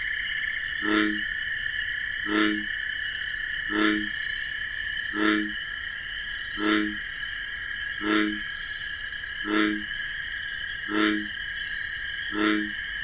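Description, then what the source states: A bullfrog gives nine short deep croaks in steady rhythm, each about a second and a half apart, with unbroken cricket trilling behind. Night in wetlands with marsh grasses; bullfrog's deep 'jug-o-rum' call amid a nocturnal chorus of crickets.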